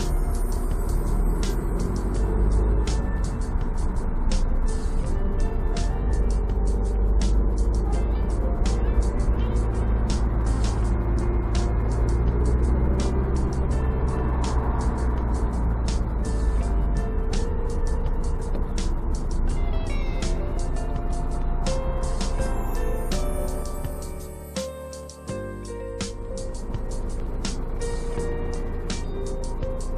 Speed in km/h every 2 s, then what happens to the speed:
21, 23, 22, 22, 24, 25, 28, 27, 21, 18, 8, 3, 0, 0, 0.
0-13 steady at about 23. 13-23 slows to 0. 23-30 standing.